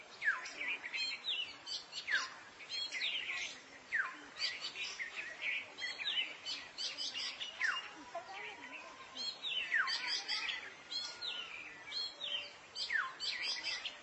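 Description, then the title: Oriental magpie-robin song: varied whistled phrases with sharp falling sweeps and quick twitters, delivered in bursts every second or two over soft background hiss. Chirping song (kicauan) of the bird. "Suara Kicauan Burung Kacer Durasi Panjang"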